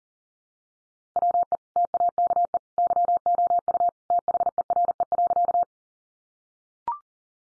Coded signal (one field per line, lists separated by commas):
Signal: Morse code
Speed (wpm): 40 wpm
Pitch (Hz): 700 Hz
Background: none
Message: WE TAKE YOU THERE.